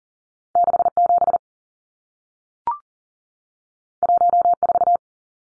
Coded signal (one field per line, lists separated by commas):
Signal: Morse code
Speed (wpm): 40 wpm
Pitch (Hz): 700 Hz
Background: none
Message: 67 14